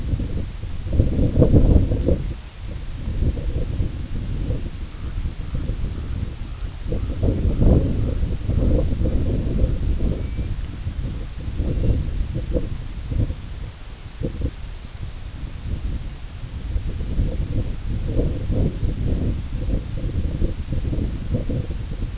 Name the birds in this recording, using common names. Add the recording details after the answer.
White-rumped Sandpiper, American Golden-plover. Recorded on Arctic tundra, site IGLO-A, on 16 June 2018. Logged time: 13:59